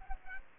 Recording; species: mosquito wingbeat signal from an infrared sensor; Aedes aegypti